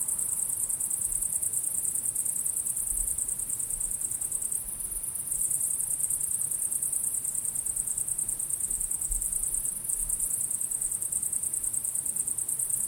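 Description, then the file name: Unbroken high-pitched cricket chirping with fast regular pulses, over low rumbling background noise and a few soft thumps. Crickets calling at sunset. "syrsor solnedgang"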